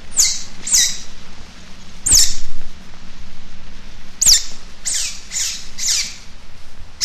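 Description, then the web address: Eurasian otter giving high-pitched chirping squeaks: two early, one alone, then a quick run of four and another at the very end, over a low background hum. "european otter"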